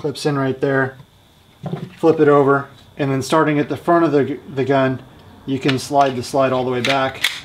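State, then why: Not seated. Someone talks while handling a reassembled Glock pistol slide, which is being slid all the way back along the pistol frame rails. Only speech and faint handling noise are heard. The clip ends before the slide clicks into place, so nothing has seated or clicked yet.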